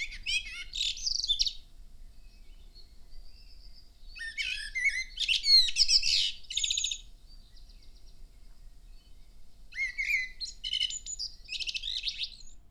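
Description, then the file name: Common blackbird song in bursts of rich warbling and thin high twitters, with a soft high trill between phrases and pauses of a few seconds. "Amsel"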